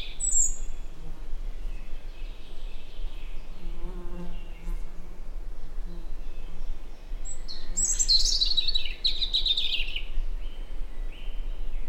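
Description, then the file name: European robin song: a few brief high notes at the start, then a longer burst of rapid high notes after eight seconds, over low background hum. "Erithacus rubecula"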